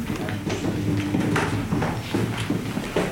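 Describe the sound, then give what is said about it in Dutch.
Steady footsteps walk down a long corridor of a clinic in Oostrum, each step a sharp, clicking tap in an even rhythm, with a low murmuring hum running underneath. “We lopen nu door de lange, lange gang.”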